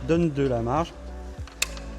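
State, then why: Released. Someone talks while a plastic kidney grille on a BMW 3 Series G20/G21 is levered in the front bumper surround to gain clearance. A sharp plastic click is heard at 1.6 s as the grille unclips and comes out of the surround by itself.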